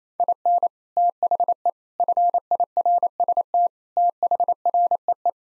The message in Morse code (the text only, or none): IN THE FIRST THREE